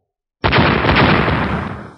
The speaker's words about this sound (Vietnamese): Tiếng nổ không ngừng quanh quẩn khiến cho thiên địa chấn động.